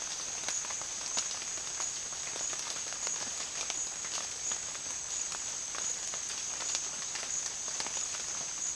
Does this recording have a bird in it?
no